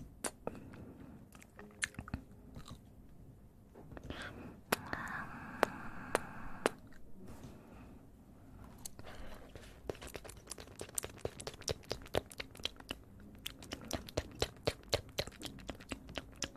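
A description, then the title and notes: Ear eating: wet, crisp clicks and crunches come in irregular bursts over a soft, low rumble. A smoother, mid-pitched sound swells around five to seven seconds, then the sharp snaps grow busier and quicker toward the end. Relaxing Ear Eating.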